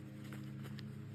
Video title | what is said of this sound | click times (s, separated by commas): Yuogslavian mess kit review and cooking Paprikash | Snaps into place | 0.8 s